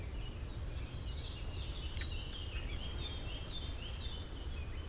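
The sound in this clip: Bird calls, short high chirps scattered throughout, faint over a steady low rumble of background noise.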